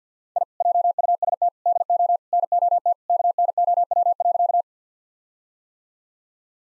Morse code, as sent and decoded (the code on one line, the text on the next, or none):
.. / .--- ..- ... - / -.. --- / -. --- - / -.- -. --- .-- .-.-.-
I JUST DO NOT KNOW.